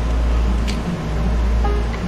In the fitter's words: snap in place somewhat, not super tight, but it gets in there.